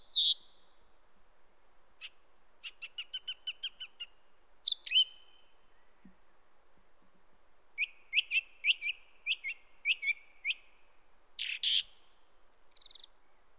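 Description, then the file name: Song thrush singing a rapid repeated trill, then clear whistled phrases each given several times, ending with a harsh buzzy note and a drawn-out high squeal. "grive musicienne"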